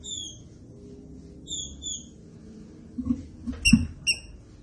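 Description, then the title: Green-winged saltator song: a long clear whistled note, a pair of whistles, then short sharp notes with low knocks. Classic song style used for training. "Canto Clássico Trinca Ferro TREINAMENTO"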